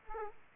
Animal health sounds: mosquito wingbeat signal from an infrared sensor; Aedes aegypti

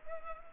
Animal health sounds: mosquito wingbeat signal from an infrared sensor; Culex pipiens

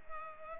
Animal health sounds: mosquito wingbeat signal from an infrared sensor; Culex pipiens

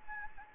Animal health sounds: mosquito wingbeat signal from an infrared sensor; Anopheles gambiae

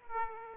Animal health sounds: mosquito wingbeat signal from an infrared sensor; Aedes aegypti

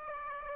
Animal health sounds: mosquito wingbeat signal from an infrared sensor; Aedes aegypti

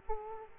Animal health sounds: mosquito wingbeat signal from an infrared sensor; Aedes aegypti

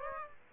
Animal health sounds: mosquito wingbeat signal from an infrared sensor; Aedes aegypti

